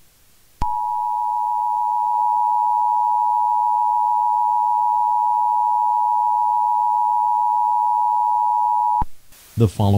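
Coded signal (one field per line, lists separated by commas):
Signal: Emergency Alert System (SAME) tones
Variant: 853 and 960 Hz attention tone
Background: speech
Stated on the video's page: Loud EAS tones in a fictional scenario.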